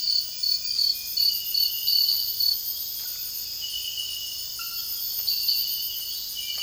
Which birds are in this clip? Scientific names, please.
none